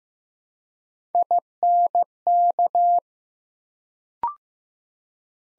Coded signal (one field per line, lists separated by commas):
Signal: Morse code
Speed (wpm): 15 wpm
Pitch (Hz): 700 Hz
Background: none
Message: INK